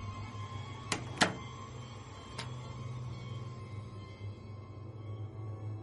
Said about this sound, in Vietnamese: Cô bé lùi thùi bỏ ra ngoài phòng rồi đóng cửa lại.